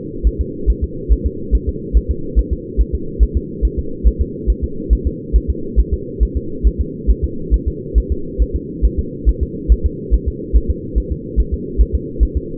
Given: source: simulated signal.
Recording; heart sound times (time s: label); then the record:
fetal heart sounds
0.27 s: S1
0.41 s: S2
0.70 s: S1
0.84 s: S2
1.12 s: S1
1.26 s: S2
1.55 s: S1
1.69 s: S2
1.97 s: S1
2.11 s: S2
2.39 s: S1
2.53 s: S2
2.81 s: S1
2.95 s: S2
3.23 s: S1
3.37 s: S2
3.65 s: S1
3.79 s: S2
4.08 s: S1
4.22 s: S2
4.50 s: S1
4.64 s: S2
4.93 s: S1
5.07 s: S2
5.36 s: S1
5.50 s: S2
5.80 s: S1
5.94 s: S2
6.23 s: S1
6.37 s: S2
6.67 s: S1
6.81 s: S2
7.11 s: S1
7.24 s: S2
7.54 s: S1
7.68 s: S2
7.98 s: S1
8.12 s: S2
8.42 s: S1
8.56 s: S2
8.85 s: S1
8.99 s: S2
9.29 s: S1
9.43 s: S2
9.72 s: S1
9.86 s: S2
10.14 s: S1
10.28 s: S2
10.56 s: S1
10.70 s: S2
10.98 s: S1
11.12 s: S2
11.40 s: S1
11.54 s: S2
11.81 s: S1
11.95 s: S2
12.23 s: S1
12.37 s: S2
From the record:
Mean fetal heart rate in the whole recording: 140 bpm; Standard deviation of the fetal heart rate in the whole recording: 2 bpm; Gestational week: 34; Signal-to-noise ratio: -4.3 dB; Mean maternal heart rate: 72 bpm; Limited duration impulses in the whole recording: absent